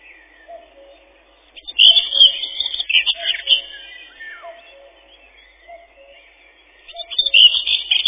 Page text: Серая славка, или славка-говорунчик — Sylvia communis. Пение. Песня — щебетание “тирли-ви-тир-ли-чет-чит-читирли”